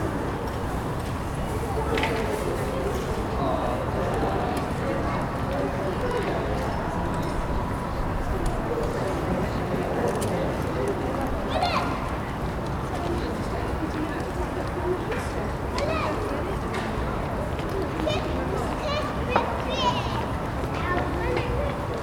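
A high street market being set up in the early morning, with a steady murmur of voices and movement that never drops out. Brief clacks and knocks stand out now and then, including a sharp bang near the twentieth second, over a low continuous rumble.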